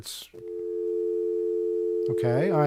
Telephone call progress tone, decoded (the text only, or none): dial tone